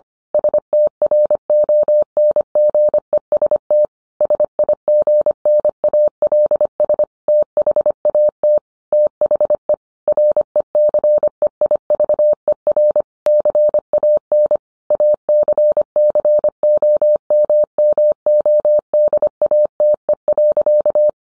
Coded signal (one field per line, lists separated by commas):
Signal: Morse code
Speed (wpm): 25 wpm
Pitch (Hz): 600 Hz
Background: none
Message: STRONGEST SIGNALS THAT THE RECEIVER CAN ACCOMMODATE.